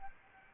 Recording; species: mosquito wingbeat signal from an infrared sensor; Anopheles arabiensis